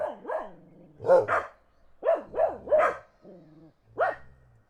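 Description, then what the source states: Dog barking in quick pairs and triplets with a single bark at the end, bouncy rising-falling barks, with a low drone in the pauses. Dogs barking in the countryside while a car passes.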